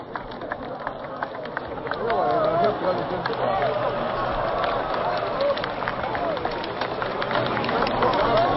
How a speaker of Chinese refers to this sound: 观礼台上发出了一阵响亮的掌声。